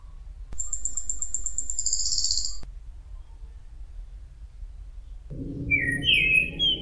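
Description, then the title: Thrush song: a short warbled whistled phrase at the end over a low rumble, after a high, steady buzzing tone of about two seconds. "Suara Burung Anis"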